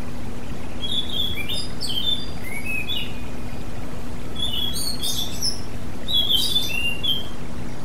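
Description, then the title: Oriental magpie-robin song: clear whistled phrases, some sliding down, others sharp and chirpy, given in bursts every second or two over a steady low hum and hiss. "Kicau Kacer Durasi Panjang 1jam Lebih"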